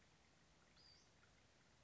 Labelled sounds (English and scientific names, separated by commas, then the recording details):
Western Flycatcher (Empidonax difficilis)
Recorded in Sonoma County, California